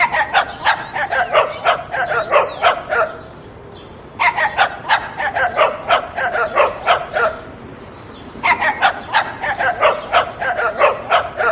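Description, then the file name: Dog barking: three bursts of rapid, yappy barks, each lasting about three seconds and separated by short quiet gaps. Dog barking used as a ringtone. "dog tone"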